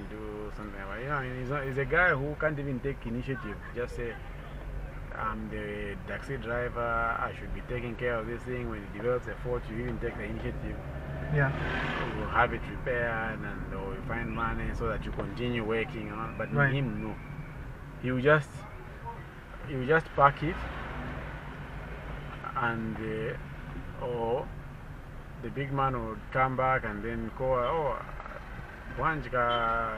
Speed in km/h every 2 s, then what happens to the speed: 6, 8, 9, 10, 9, 13, 20, 20, 16, 9, 9, 14, 12, 9, 6.
0-9 steady at about 9. 9-12 speeds up to 20. 15-18 brakes to 9. 18-23 steady at about 9. 23-30 slows to 6.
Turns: none.